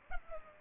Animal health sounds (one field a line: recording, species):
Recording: mosquito wingbeat signal from an infrared sensor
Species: Culex pipiens